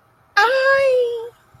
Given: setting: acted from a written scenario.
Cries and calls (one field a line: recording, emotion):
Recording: vocal sound without words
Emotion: triumph